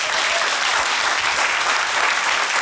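An audience applauds steadily, a dense, loud wash of many hands clapping at once with no pauses and no voices standing out.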